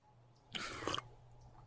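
A single short, wet sip of water, about half a second long, with a soft slurping burst and a faint swallow, alone against a quiet, low hum.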